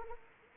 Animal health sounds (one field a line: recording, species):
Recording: mosquito wingbeat signal from an infrared sensor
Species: Anopheles arabiensis